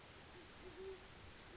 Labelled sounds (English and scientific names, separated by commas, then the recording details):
Great Horned Owl (Bubo virginianus)
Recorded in Sonoma County, California